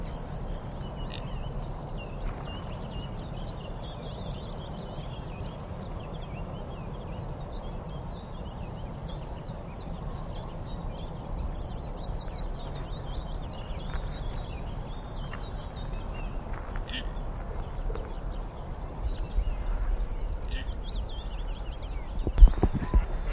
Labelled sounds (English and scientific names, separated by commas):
Common Goldeneye (Bucephala clangula)